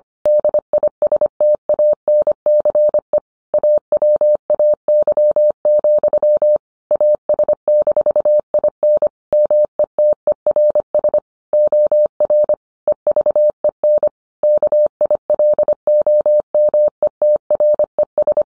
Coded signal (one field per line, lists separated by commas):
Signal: Morse code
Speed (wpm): 25 wpm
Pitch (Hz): 600 Hz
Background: none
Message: DISTANCE AWAY, AS-IN METERS OR EVEN KILOMETRES